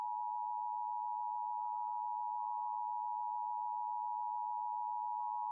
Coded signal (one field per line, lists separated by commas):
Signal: Emergency Alert System (SAME) tones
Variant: 853 and 960 Hz attention tone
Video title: San Francisco Required Monthly Tests on 5 TV Stations (EAS #6554-6559) 5/10/22